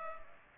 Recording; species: mosquito wingbeat signal from an infrared sensor; Culex pipiens